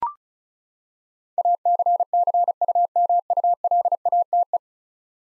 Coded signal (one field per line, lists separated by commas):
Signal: Morse code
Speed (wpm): 36 wpm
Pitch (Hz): 700 Hz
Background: none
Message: ACCUMULATE